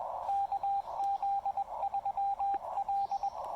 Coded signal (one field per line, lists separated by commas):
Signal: Morse code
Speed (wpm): 19 wpm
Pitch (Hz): 800 Hz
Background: radio noise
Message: KZ3L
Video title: Enjoying a Casual Trailside QRP Park Activation with the Xiegu X5105 and PackTenna 9:1 UNUN